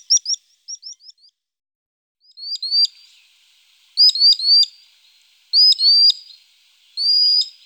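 Sandpiper calls: a few quick high chips, a pause, then longer slurred upward whistles, some doubled, spaced about a second or more apart.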